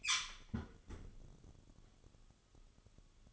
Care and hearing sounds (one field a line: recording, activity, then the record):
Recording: daily activity, microphone in the room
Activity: close fridge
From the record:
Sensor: 4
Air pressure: 1008.6 hPa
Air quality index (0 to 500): 73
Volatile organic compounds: 1 ppm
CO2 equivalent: 627 ppm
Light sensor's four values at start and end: 16/37/15/15 and 16/38/16/16